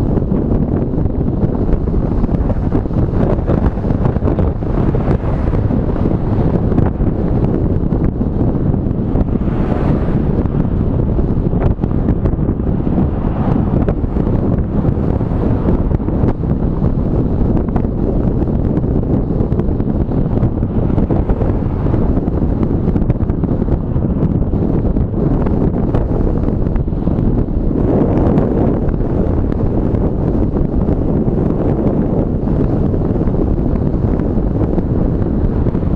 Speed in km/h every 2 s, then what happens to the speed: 22, 22, 23, 23, 23, 24, 24, 25, 25, 25, 26, 27, 28, 28, 28, 29, 29, 30.
0-36 speeds up to 30.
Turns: none.